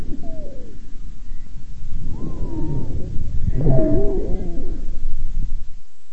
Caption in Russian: Свистящие хрипы у больной, страдающей хроническим обструктивным бронхитом. Сухие свистящие хрипы усиливаются во время резкого выдоха. У той же больной при форсированном выдохе. Свистящие хрипы свидетельствуют о бронхообструктивном синдроме.